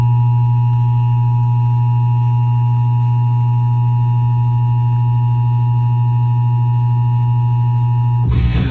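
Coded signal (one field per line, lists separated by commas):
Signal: Emergency Alert System (SAME) tones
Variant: 853 and 960 Hz attention tone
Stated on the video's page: Tornado warning received on an FM radio station.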